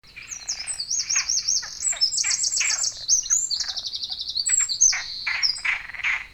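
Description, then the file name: Eurasian wren song, a loud, fast outpouring of high trills and rattling notes in rapid bursts, running continuously for about six seconds over a quiet background. "Troglodytes troglodytes"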